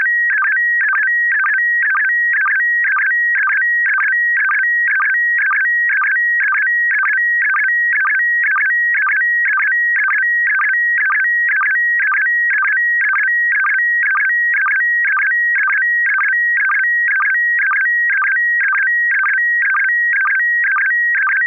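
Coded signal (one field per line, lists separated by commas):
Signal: SSTV (slow-scan television)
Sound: rapid, regular warbling tones around 2 kHz with a steady whistle and chirpy bursts repeating twice a second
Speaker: this is kind of a vintage photo photograph from the time of World War II uh just showing uh some of the uh uh lady U uh people who are enlisted in the Armed Forces back then uh black and white picture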